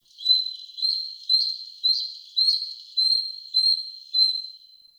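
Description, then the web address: Bird of prey calling: a steady series of high, thin whistled notes, about eight in five seconds. Distant bird of prey in a mountain forest. "Soulframe Sounds Ambience Mountain Mtn Forest Predatory Bird Far"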